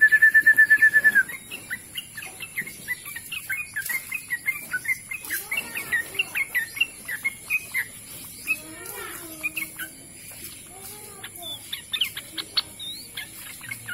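Bird song opening with a fast, even trill, then shifting into scattered quick chirps and varied twittering notes, some higher and thinner, continuing irregularly to the end.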